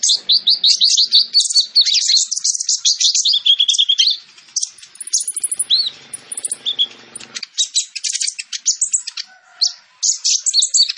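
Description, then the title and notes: Sunbird song: energetic high twittering and trilled chirps, with a spell of low rustling noise in the middle, then more scattered sharp notes. Kolibri ninja singing constantly (gacor) with full fills and shots (isian dan tembakan); used as bait to lure birds. "MASTERAN KOLIBRI NINJA FULL ISIAN DAN TEMBAKAN COCOK BUAT PANCINGAN. Suara Burung Kolibri Ninja Gacor"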